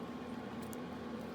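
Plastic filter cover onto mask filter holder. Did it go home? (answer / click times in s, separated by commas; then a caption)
yes / 0.7 s. A plastic top cover is pressed onto a training mask's filter holder over the layered filter material. A short, sharp snap is heard at 0.7 s over a steady low hum. The cover snaps on and is seated.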